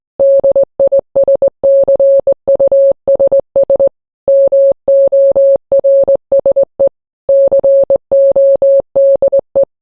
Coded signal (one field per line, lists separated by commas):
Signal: Morse code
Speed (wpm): 20 wpm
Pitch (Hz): 550 Hz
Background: none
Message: DISCUSS MORSE CODE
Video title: What is morse code? | Significance of morse code